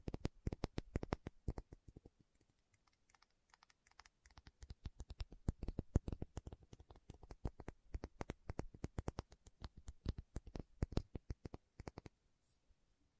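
Quick fingertip tapping, sharp clicks from low thud to bright tick, coming in dense clusters. A busy burst fills the first two seconds, thins to sparse taps until about four seconds, then picks up again and stays busy, with a brief lull near twelve seconds.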